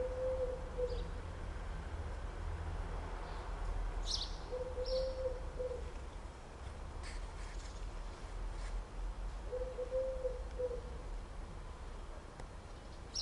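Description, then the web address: Bird repeating a level, low hooting note lasting about a second, three times at intervals of around five seconds, with faint rumble and scattered soft chirps. "Deverinetal 2025. Bird Only"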